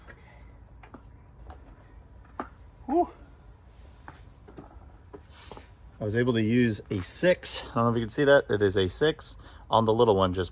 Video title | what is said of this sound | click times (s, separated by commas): GMC Sierra HD Fender Badge Install *OEM+ GM Black Out PART 1* on the 2025 AT4-X HD #gmc #sierra | Just boom, and it popped. You could kind of hear it pop. | 2.4 s